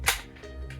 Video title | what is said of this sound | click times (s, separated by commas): How to Custom Paint A Nintendo 64 Console Tutorial (Multiple Colors) | you can hear the click | 0.1 s